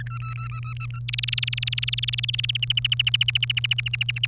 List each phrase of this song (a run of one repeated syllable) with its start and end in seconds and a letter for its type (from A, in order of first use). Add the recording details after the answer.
0.00-0.99 A, 1.08-2.51 B, 2.55-4.26 C. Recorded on 30 April 2018 at 16:19. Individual llb3